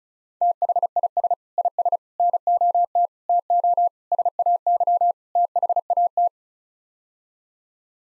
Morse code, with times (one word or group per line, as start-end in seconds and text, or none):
0.4-1.3 THIS
1.6-2.0 IS
2.2-3.1 NOT
3.3-3.9 TO
4.1-5.1 SAY
5.4-6.3 THAT